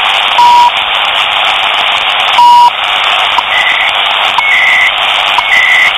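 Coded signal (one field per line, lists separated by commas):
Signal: radio time signal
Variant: CHU Canada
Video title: CHU TIME SIGNAL STATION CANADA 7850 KHz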